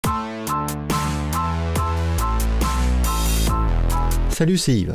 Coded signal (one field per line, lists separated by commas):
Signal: none